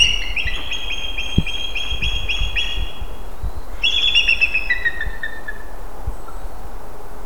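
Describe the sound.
Bald eagle chirping: a fast series of thin, high staccato notes with harmonics, then a higher chattering burst that slides downward into squeaky piping, over steady low background noise.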